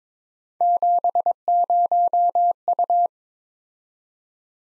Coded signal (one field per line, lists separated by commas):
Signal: Morse code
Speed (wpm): 22 wpm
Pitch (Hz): 700 Hz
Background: none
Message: 70U